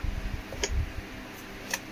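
After its repair, the spring-loaded lock on a table-top wet grinder's stone-pressing arm is worked by hand against a low rumbling background. Two sharp ticks ring out at 0.6 s and 1.7 s as the lock engages. It now clicks into place and grips correctly so the arm does not come back down.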